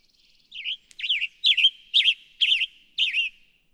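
Western tanager song: a faint note, then six hoarse, burry slurred phrases about half a second apart, with a sharp click after the first.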